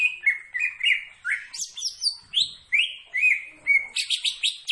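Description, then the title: Greater green leafbird singing a continuous, varied phrase of sweeping whistles, ending in a quick burst of high rapid notes. Described as gacor, singing actively. "Cucak Ijo Gacor"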